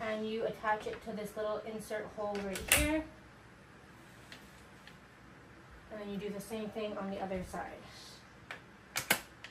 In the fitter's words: You'll hear that little click, that means that it's locked in.